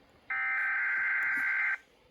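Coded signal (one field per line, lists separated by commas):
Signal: Emergency Alert System (SAME) tones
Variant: header bursts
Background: speech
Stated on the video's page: Required Monthly Test received in Fredericksburg.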